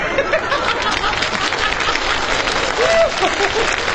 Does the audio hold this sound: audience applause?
yes